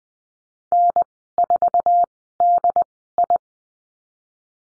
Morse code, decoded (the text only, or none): N4DI